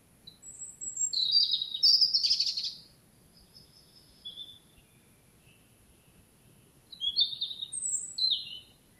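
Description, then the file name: European robin song, a sweet jumble of high warbled notes and fine trills in two bursts separated by soft, wispy phrases. "Erithacus rubecula"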